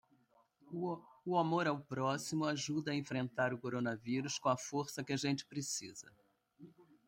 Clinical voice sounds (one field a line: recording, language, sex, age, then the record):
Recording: spoken sentence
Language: Brazilian Portuguese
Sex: female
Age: 60 to 69 years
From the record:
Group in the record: control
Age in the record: 67 years